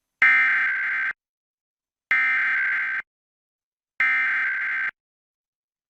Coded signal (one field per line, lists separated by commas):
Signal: Emergency Alert System (SAME) tones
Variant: header bursts